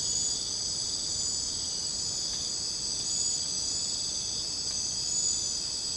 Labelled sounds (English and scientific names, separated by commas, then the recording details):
none
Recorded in secondary vegetation near Puerto Asís, Putumayo, Colombia, on 26 December 2024 at 02:00
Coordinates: 0.499, -76.323
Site G010